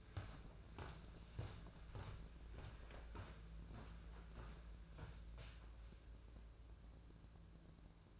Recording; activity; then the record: daily activity, microphone in the room; walk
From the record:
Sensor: 2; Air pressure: 1005.3 hPa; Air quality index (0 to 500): 100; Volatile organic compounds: 2 ppm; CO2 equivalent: 1208 ppm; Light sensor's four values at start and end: 8/20/8/8 and 8/20/8/8